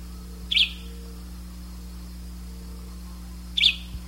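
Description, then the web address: Bird call, two brief high chirps about three seconds apart, with a constant low hum behind. "BIRD 2015 SABIOD"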